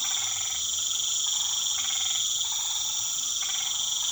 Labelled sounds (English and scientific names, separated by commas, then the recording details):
none
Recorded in pastures near Puerto Asís, Putumayo, Colombia, on 8 March 2025 at 19:30
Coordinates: 0.487, -76.322
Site G077